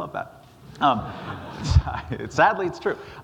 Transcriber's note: laughter